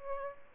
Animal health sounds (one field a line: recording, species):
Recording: mosquito wingbeat signal from an infrared sensor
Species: Aedes albopictus